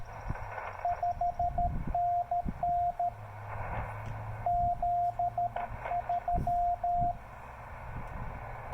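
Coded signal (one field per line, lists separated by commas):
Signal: Morse code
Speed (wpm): 13 wpm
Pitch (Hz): 700 Hz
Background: radio noise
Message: 5NN Z 3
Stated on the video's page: Sent with portable paddles on a Yaesu FT-817ND QRP transceiver into an MFJ-1984LP end-fed half-wave antenna.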